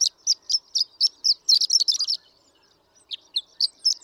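Horned lark song, high tinkling chirps repeated rapidly about four per second, a brief pause, then more thin notes resuming.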